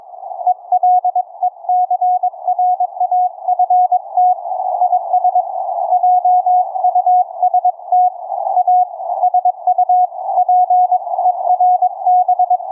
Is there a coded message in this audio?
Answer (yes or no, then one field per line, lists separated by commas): yes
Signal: Morse code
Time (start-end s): 0.5-12.6 s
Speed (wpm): 22 wpm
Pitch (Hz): 730 Hz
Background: none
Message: ELECRAFT IS JUST A SUPERB